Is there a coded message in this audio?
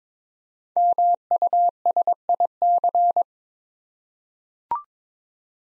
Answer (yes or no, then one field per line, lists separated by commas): yes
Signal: Morse code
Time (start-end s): 0.8-3.2 s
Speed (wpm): 23 wpm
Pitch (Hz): 700 Hz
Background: none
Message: MUSIC